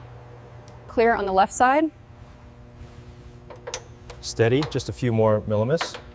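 Someone talks while an interior part is eased by hand into place in the dashboard and steering column area of a Lamborghini Aventador V12 being reassembled, with a few faint knocks and taps of handling between the words. Nothing has seated or clicked yet.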